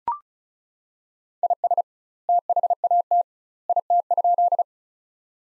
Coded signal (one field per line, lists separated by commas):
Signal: Morse code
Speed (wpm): 35 wpm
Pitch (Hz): 700 Hz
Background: none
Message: IS THAT IT?